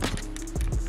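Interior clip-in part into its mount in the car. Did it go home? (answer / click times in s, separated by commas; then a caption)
no / none. A loose plastic interior part of a BMW E91 is pressed one-handed back toward its clip mount after a short-circuit repair, with brief handling knocks near 0.0 and 0.2 s over low, steady rustling. Nothing has seated or clicked yet; the clip ends just before the part goes home.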